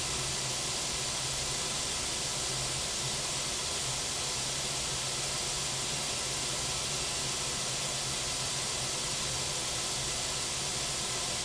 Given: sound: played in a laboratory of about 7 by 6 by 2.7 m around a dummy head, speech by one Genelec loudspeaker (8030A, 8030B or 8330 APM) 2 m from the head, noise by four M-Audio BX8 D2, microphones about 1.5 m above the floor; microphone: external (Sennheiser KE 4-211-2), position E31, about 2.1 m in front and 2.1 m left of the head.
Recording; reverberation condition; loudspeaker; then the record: white noise; low; four, about 170 cm from the corners of the room and facing them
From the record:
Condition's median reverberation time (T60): about 310 ms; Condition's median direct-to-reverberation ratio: about 3.5 dB